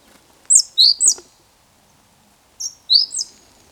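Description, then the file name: Great tit uttering two quick bursts of high, piercing notes, each burst of about three descending notes, with silence between them. "Parus major"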